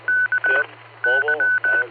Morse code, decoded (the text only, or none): K Y